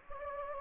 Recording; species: mosquito wingbeat signal from an infrared sensor; Anopheles gambiae